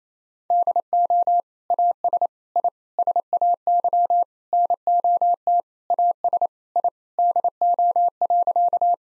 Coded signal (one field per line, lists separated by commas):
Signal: Morse code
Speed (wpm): 28 wpm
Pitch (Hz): 700 Hz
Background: none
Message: DO AS I SAY NOT AS I DO.